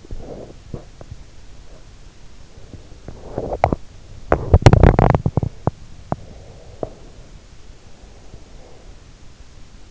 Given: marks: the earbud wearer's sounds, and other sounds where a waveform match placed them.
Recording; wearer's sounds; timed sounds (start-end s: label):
sounds in sleep by an in-ear microphone; swallowing, teeth grinding
0.00-1.26 s: swallowing
2.53-7.02 s: teeth grinding